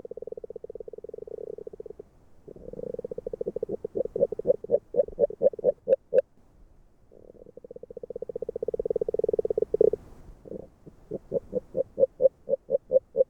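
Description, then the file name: Agile frog call, dense bursts of fast low knocking that loosen into separate, louder knocks, repeated in two cycles with a short pause between. Hungary. "Magyarorsz g B kahangjai - Erdei beka Agile Frog"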